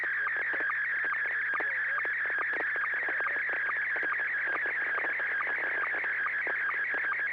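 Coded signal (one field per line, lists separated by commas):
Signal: SSTV (slow-scan television)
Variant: Scottie 1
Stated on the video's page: SSTV images exchanged on a weekly amateur net via an FM repeater on 441.300 MHz in Sacramento, sent with MMSSTV software.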